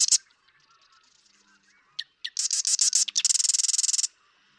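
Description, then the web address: Marsh Wren song: a few sharp introductory clicks, then a fast, mechanical rattle lasting over a second. "birdsongforthecurious Marsh Wren"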